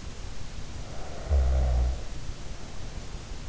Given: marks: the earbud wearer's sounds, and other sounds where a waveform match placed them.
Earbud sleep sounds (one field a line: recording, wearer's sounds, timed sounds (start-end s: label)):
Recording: sounds in sleep by an in-ear microphone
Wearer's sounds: snoring breath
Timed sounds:
1.11-3.19 s: snoring breath